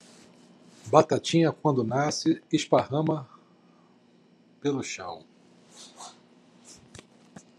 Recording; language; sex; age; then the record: short text; Brazilian Portuguese; male; 50 to 59 years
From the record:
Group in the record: control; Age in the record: 51 years